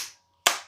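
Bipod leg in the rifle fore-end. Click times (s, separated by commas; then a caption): 0.5 s. A bipod leg built into the polymer fore-end of an ASG Steyr Arms Scout bolt-action spring airsoft rifle is moved until it locks into position; the click means it is folding out as designed, not breaking. The fading tail of an earlier sound is followed by quiet, then one sharp, bright click at 0.5 s that rings out and decays. The bipod leg is seated.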